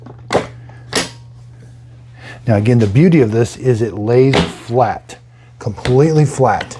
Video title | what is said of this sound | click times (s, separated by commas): Tineco Floor ONE Stretch S6 Self-Cleaning Wet Dry Vacuum SETUP | okay let's put the water tank on make sure it clicks into place | 0.3 s, 1.0 s